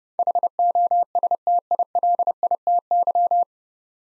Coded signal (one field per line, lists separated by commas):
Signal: Morse code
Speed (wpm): 30 wpm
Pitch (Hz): 700 Hz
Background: none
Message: HOSTILITY